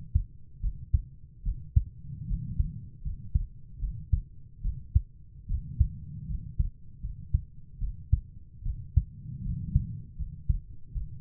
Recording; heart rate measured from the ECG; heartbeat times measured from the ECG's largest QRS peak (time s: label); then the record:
heart sounds by stethoscope; 76 bpm
0.62 s: heartbeat
1.45 s: heartbeat
2.28 s: heartbeat
3.04 s: heartbeat
3.80 s: heartbeat
4.63 s: heartbeat
5.48 s: heartbeat
6.28 s: heartbeat
7.02 s: heartbeat
7.80 s: heartbeat
8.64 s: heartbeat
9.43 s: heartbeat
10.18 s: heartbeat
10.94 s: heartbeat
From the record:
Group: healthy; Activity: rest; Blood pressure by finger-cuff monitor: 114/60 mmHg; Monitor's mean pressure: 76 mmHg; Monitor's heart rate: 77 bpm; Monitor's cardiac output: 6.8 L/min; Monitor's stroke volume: 91 mL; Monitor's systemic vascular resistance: 780 dyn s/cm5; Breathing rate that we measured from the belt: 17 breaths a minute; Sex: female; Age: 22 years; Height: 160 cm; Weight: 63 kg